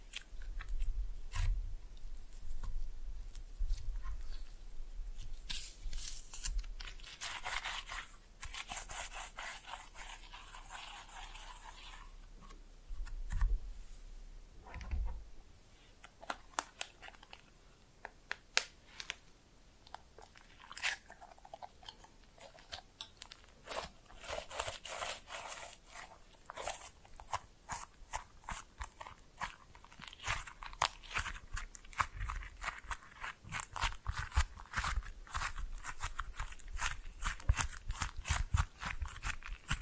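Slime being pressed and mixed, with dense bright crackles, pops and sticky squelches, busiest from 25 seconds onward, plus brief low thumps early.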